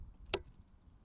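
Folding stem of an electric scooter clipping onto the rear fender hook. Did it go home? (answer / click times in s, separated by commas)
yes / 0.3 s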